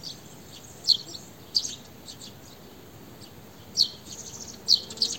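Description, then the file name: House sparrow calls, a handful of separate sharp chirps, mostly with long gaps between them, soft background hiss. "Passer domesticus"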